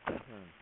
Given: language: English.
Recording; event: throat vibration sensor signal played as sound; cough